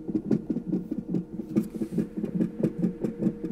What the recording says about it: We could hear the baby's heartbeat through the monitor.